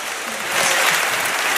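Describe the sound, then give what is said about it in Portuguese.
A burst of audience applause, dense crackling claps that swell after a brief start and hold steady and loud, with no voices heard. “Uma salva de palmas para a jeitosa, pá.”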